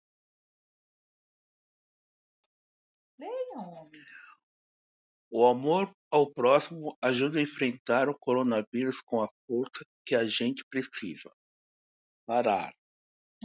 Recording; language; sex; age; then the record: spoken sentence; Brazilian Portuguese; male; 60 to 69 years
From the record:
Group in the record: control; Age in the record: 68 years